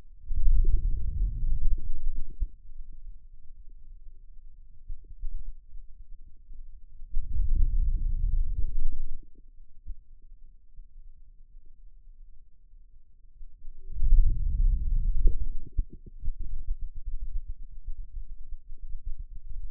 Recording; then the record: forearm muscle sounds (acoustic myography)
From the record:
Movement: wrist flexion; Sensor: system 2, bracelet of six BSWA MPA416 microphones around the upper forearm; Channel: 4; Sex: male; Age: 22 years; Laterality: right